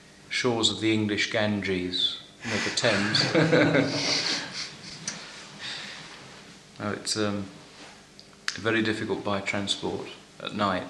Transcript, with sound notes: shores of the English Ganges, you know, the Thames. [laughter] No, it's very difficult by transport at night.